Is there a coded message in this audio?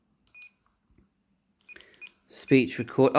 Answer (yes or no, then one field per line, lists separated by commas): no